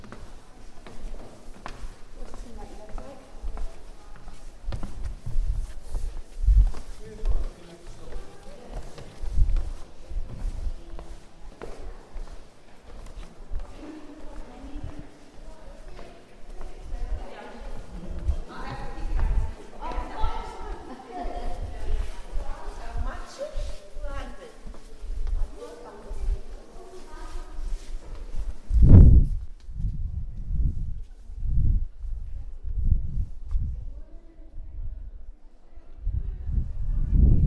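A walk through Prague streets, with a steady murmur of voices and passing chatter for most of the first half minute alongside footsteps. A sharp thud lands near 29 seconds, after which the talk drops away and only low, regular knocking steps continue to the end.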